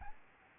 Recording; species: mosquito wingbeat signal from an infrared sensor; Aedes albopictus